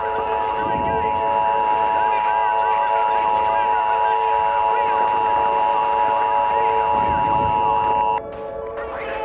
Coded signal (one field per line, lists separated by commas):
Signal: Emergency Alert System (SAME) tones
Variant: 853 and 960 Hz attention tone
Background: speech, music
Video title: EAS Scenario 6: Broken Arrow